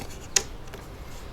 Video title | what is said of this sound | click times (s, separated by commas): ZIPSTRIP Tech: Removal and Customization | pops right in there okay | 0.4 s